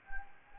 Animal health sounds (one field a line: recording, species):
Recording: mosquito wingbeat signal from an infrared sensor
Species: Anopheles gambiae